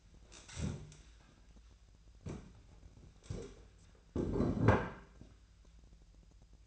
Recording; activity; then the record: daily activity, microphone in the room; stand up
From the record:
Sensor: 2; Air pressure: 1001.8 hPa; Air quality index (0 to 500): 239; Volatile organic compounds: 71 ppm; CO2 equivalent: 3528 ppm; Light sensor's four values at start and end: 8/20/8/9 and 7/16/7/7